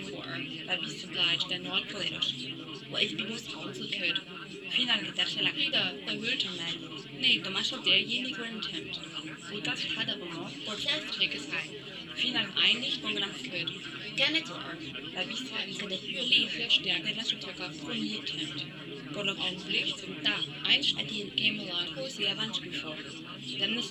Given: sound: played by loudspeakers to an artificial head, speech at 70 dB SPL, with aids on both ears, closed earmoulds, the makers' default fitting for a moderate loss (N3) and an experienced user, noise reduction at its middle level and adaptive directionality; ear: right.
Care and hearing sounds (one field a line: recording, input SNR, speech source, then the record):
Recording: speech test signal (ISTS) in cocktail-party noise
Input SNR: -3 dB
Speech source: on the right (90 degrees)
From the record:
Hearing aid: class 1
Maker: C